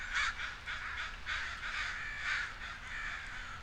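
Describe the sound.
Crow giving a string of rough, repeated caws.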